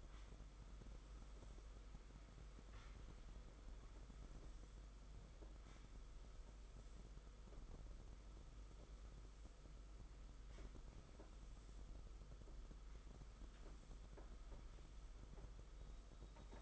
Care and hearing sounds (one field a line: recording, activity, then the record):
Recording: daily activity, microphone in the room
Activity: sweep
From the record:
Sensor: 5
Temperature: 22.1 degrees Celsius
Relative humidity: 50.0%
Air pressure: 991.5 hPa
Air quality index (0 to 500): 120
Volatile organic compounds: 44 ppm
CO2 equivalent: 3207 ppm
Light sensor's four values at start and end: 42/132/50/54 and 42/131/50/54